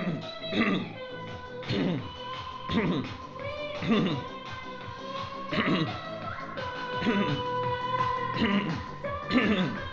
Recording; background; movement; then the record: throat clearing; music; walking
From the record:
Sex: male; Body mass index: 22.0 kg/m2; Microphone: on the chest, facing outward